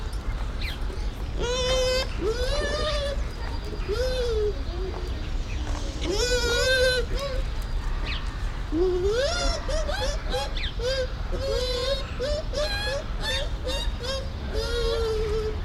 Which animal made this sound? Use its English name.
Bush Dog